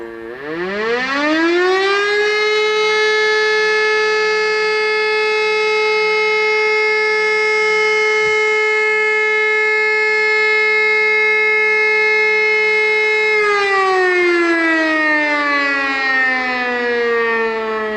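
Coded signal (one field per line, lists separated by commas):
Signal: siren signal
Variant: Siemens E57, Feueralarm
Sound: mechanical siren rises, holds one steady wailing tone about 12 seconds, then winds down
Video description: Alle Sirenen aus den Ortsteilen dienen rein der freiwilligen Feuerwehr und lösen auch nur das Signal "Feueralarm" aus.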